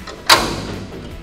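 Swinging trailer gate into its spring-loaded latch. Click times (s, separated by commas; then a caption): 0.1 s. A dump trailer's side gate is swung around and pushed shut into the spring-loaded latch at the bottom. The latch self-locks into place with a thud at about 0.1 s, followed by a louder metallic bang that rings and fades. The gate is seated and locked.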